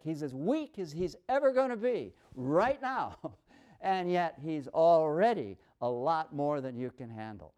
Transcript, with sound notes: He's as weak as he's ever going to be right now [laughs] and yet he's already a lot more than you can handle.